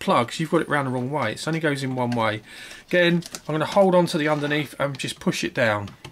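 A keyed plug-in part that only fits one way is handled and lined up for pressing down onto a mini-ITX motherboard while the board is held from underneath, as someone talks. Nothing has seated or clicked yet; the clip ends before the part goes home.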